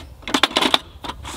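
A DeWalt DW745S table saw rip fence, moved from one side of the table to the other, is pressed down onto its fence rails until it locks in place. A quick series of sharp knocks ends in the loudest hit at 0.7 s as it locks, with softer knocks after.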